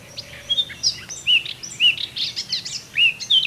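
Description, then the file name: Eurasian blackcap song: varied warbled phrases mixing short chirps with fluty, looping whistles, with a faint steady low tone at the start. "Sylvia atricapilla"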